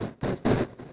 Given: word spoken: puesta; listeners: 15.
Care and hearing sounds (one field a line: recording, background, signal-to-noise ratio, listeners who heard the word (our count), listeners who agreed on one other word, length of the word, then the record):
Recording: one Spanish word in noise, from a listening test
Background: noise modulated by one talker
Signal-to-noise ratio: -12.7 dB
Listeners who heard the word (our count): 1 of 15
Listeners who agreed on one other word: 6 of 15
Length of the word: 0.53 s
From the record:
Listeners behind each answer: 6, 2, 1, 1, 1, 1, 1, 1, 1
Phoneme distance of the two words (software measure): 41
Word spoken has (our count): 2 syllables, 6 phonemes, stress on syllable 1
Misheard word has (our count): 2 syllables, 7 phonemes, stress on syllable 2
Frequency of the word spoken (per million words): 50.07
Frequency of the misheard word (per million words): 30.47